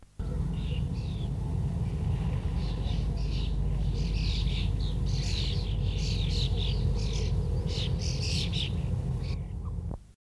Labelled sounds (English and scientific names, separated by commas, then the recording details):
European Starling (Sturnus vulgaris) call
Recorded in the wild
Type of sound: call
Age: adult
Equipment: Halbspur, 9,5 cm/s
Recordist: Lütgens, Hans
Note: Flügge Junge